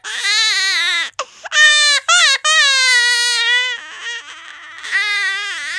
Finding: Real baby cry.